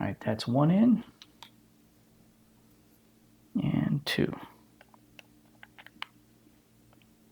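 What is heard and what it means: A second laptop RAM module is pressed down into its SO-DIMM slot until the clips latch. Someone talks at the start and again around 3.6–4.5 s, then small handling clicks follow. The module clicks into place at 6.0 s and is seated.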